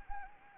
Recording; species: mosquito wingbeat signal from an infrared sensor; Anopheles gambiae